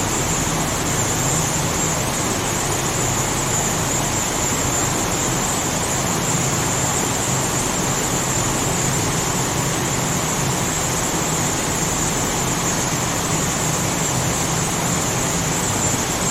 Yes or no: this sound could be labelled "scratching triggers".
no